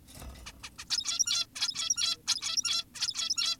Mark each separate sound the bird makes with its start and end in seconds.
0.46-0.53, 0.63-0.70, 0.79-0.85, 0.90-1.46, 1.56-2.17, 2.27-2.85, 2.95-3.58